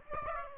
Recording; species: mosquito wingbeat signal from an infrared sensor; Aedes aegypti